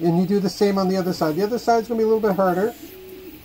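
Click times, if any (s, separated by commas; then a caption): none. A clear plastic face shield is being fitted onto a flexible 3D-printed plastic headband, with the band stretched to snap the shield onto its peg on the second side. Someone talks throughout, followed by quiet handling at the end. Nothing has seated or clicked yet.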